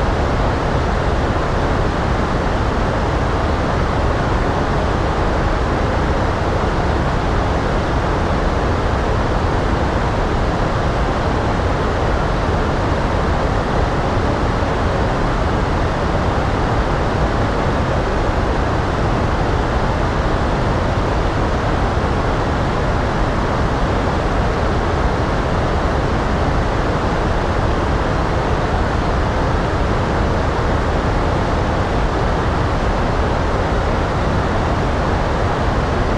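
A calm blend of pink and white noise runs unchanged for the whole stretch, a dense, even hiss. The low and middle range is fullest, with a softer bright layer above it. There are no separate events, and the level holds steady throughout.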